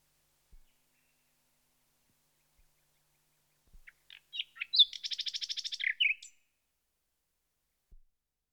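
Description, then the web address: Common nightingale song: a single phrase of scattered notes builds into a rapid, rattling repeated series, ending with a sharp slurred note. "BBC Sound Effects Library. Nightingale"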